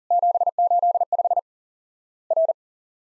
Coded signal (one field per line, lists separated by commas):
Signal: Morse code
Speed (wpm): 40 wpm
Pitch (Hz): 700 Hz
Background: none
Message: 785 R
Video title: Worked All Europe DX Contest QTC Exchange with Repeats 40wpm